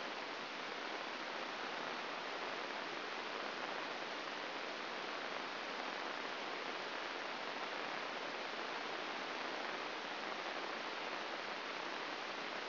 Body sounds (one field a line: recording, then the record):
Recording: brain microelectrode recording played as sound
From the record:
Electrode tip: inside the subthalamic nucleus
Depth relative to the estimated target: 3 mm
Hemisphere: left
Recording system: AlphaMap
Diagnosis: Parkinson's disease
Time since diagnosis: 12 years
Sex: male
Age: 57 years